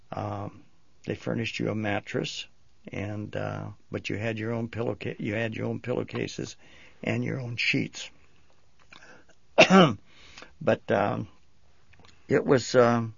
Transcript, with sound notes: Ah, they furnished you a mattress, but you had your own pillow case, you had your own pillow cases and your own sheets. (coughs) But ah, it was ah,